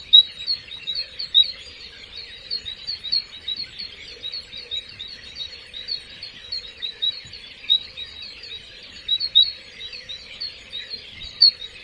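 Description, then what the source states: Birds chirping in a dense chorus of short, high chirps running without pause throughout. Recorded at the Baths of Caracalla.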